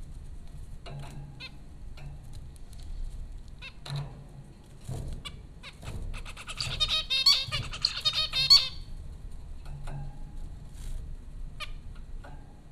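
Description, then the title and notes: Zebra finch song, a rapid buzzy chattering phrase of stacked notes in the middle, with scattered soft beeps before and after and a low hum throughout. Zebra finches at Popcorn School, Flatbush, Brooklyn, New York, April 15, 2009. "Dronecast: The Popcorn Finches Four from Apr 15, 2009. Zebra finches recorded by Dan Bodah at Popcorn School, Flatbush, Brooklyn NY in April 2009"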